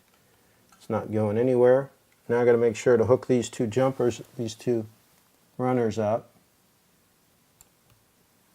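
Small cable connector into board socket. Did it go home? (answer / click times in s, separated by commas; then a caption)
yes / 7.6 s. A small jumper cable connector is hooked into its socket on a board. Someone talks for most of the clip, then after a quiet pause a faint, sharp click at 7.6 s marks the connector snapping into place, and it is seated.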